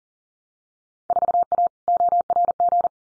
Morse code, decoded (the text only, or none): 4A ORG